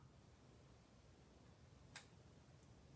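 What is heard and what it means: A rhinestone embellishment on its plastic carrier sheet is bent by hand rather than pried with a tool, which would slice the top off. A single faint, sharp pop at 2.0 s rises briefly above a steady low hum as the adhesive gem pops loose from the plastic backing.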